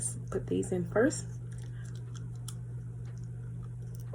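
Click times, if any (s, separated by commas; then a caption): 2.5 s. A lower removable dental veneer, a plastic shell, is pressed onto the lower teeth after someone talks briefly. Faint small clicks and scratches follow, and a sharp snap at 2.5 s marks the veneer popping into place, seated on the teeth.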